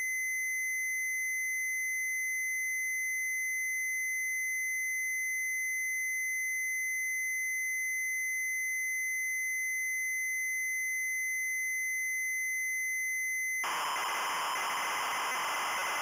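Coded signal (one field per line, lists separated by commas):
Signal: ZX Spectrum tape loading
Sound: long steady high lead tone, then harsh buzzing screech of data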